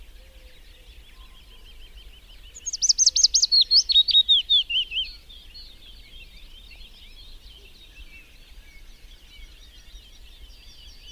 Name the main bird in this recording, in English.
Willow Warbler